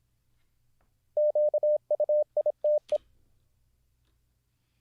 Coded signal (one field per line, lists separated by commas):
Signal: Morse code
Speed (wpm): 26 wpm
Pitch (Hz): 600 Hz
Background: none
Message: QUITE